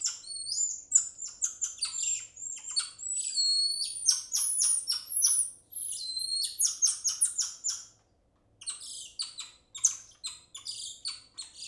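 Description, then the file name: Golden lion tamarin calls, long streams of shrill chirps and rising whistled slides, nearly continuous, with one short silence near the end. "Digiffects Sound Effects Library - Golden Lion Tamarin Monkey"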